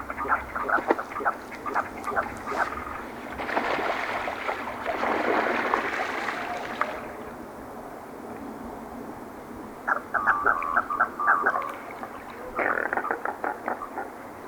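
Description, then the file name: Merganser calls in quick rattling bursts of short coarse notes, separated by a stretch of broad rushing noise. "Typical mergansers"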